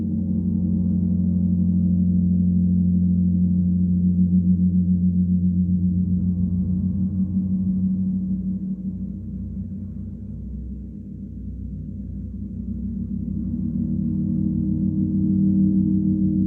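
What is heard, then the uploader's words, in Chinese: A gong bath: deep, sustained gong tones hum continuously, with strong low bands and a bright overtone shimmer swelling and fading. Loudness dips slightly around the middle before building again toward the end, with no sharp strikes standing out. 沈浸在宇宙頻率的銅鑼浴裡。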